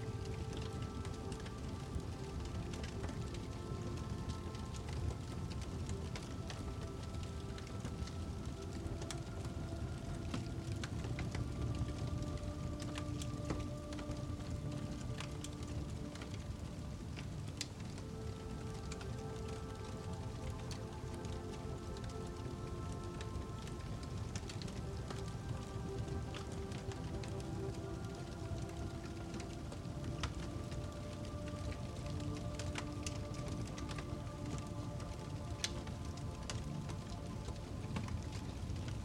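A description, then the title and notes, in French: A fireplace fire crackles densely and steadily for the whole clip, with sharp pops scattered through it over a low, soft rumble. Slow, gentle music sits underneath, its long held notes shifting every few seconds while the overall level stays even. SON du FEU de CHEMINEE et une MUSIQUE Apaisante. Feu de cheminée, avec son crépitement authentique et enveloppant.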